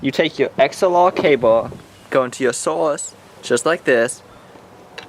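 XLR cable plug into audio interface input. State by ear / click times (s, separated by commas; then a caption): seated / 5.0 s. An XLR cable is plugged into the input of an audio interface, and the connector clicks and latches in. Someone talks throughout, and a single sharp click at 5.0 s marks the end of the push as the plug seats.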